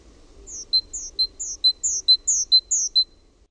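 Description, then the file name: Great tit song: one quick phrase of about six clear two-note pairs, high then lower, evenly repeated over roughly two and a half seconds. "TALITIAINEN"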